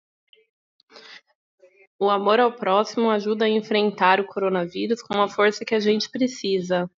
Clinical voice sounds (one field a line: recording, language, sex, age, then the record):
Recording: spoken sentence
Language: Brazilian Portuguese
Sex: female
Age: 30 to 39 years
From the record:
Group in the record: control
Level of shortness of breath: 0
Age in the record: 30 years